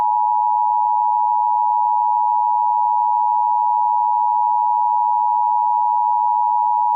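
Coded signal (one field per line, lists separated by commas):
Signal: Emergency Alert System (SAME) tones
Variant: 853 and 960 Hz attention tone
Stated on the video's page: Personally captured thunderstorm-related EAS alerts.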